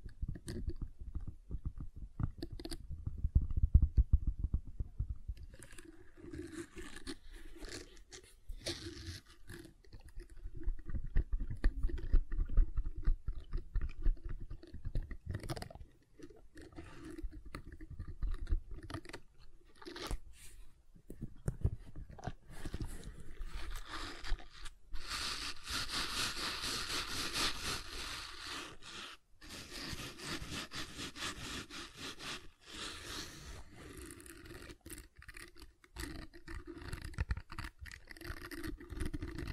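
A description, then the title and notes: Gentle silicon sounds: dense, soft crunching and squishing clicks with low thuds early on, growing brighter and hissier around 25 to 29 seconds. ASMR Gentle Silicon Sounds for Sleep (No Talking).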